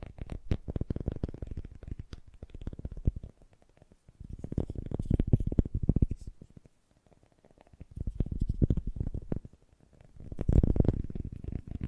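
Fast, gentle tapping comes in bursts of quick, soft, low taps, each run lasting about two to three seconds. Short quiet gaps separate the bursts, around 3.5, 7 and 9.5 seconds, and the final burst near 10.5 seconds is the fullest.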